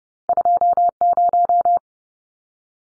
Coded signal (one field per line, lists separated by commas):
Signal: Morse code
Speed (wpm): 30 wpm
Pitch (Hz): 700 Hz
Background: none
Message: 20